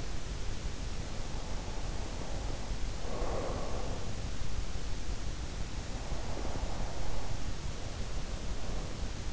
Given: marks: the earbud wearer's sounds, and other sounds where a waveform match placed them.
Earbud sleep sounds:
sounds in sleep by an in-ear microphone; breath
1.21-4.20 s: breath
5.92-9.33 s: breath

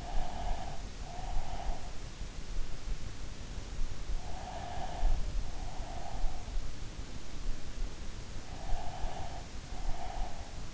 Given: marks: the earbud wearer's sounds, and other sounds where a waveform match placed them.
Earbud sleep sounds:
sounds in sleep by an in-ear microphone; breath
0.00-2.13 s: breath
4.10-6.62 s: breath
8.81-10.74 s: breath

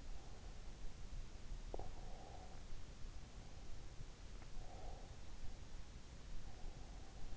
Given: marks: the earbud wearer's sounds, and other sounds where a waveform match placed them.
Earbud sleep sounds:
sounds in sleep by an in-ear microphone; breath
1.59-3.02 s: breath

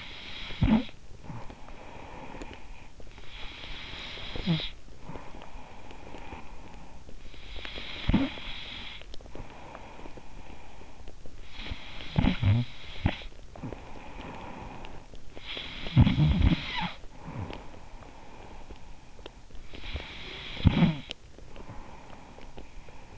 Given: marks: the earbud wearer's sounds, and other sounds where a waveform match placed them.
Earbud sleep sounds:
sounds in sleep by an in-ear microphone; snoring breath
0.00-23.17 s: snoring breath

